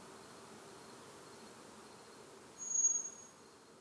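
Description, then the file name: Common blackbird single thin call, a high, level whistle arriving near the end after quiet hiss. "Turdus merula"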